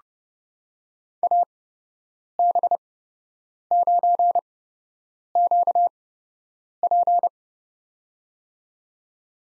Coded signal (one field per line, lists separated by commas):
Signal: Morse code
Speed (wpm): 30 wpm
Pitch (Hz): 700 Hz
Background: none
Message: AB9QP